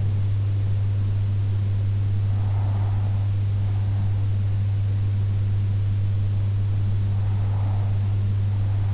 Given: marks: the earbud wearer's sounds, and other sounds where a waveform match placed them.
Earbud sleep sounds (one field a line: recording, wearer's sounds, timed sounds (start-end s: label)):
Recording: sounds in sleep by an in-ear microphone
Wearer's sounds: breath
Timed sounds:
1.95-3.95 s: breath
6.95-8.94 s: breath